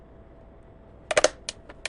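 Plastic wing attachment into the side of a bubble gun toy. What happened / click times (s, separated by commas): The plastic part snapped into place / 1.1 s, 1.2 s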